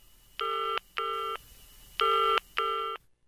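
A telephone rings in two double bursts, each a pair of short, bright, buzzing tones with a brief pause between pairs, fairly loud and alone with no voices.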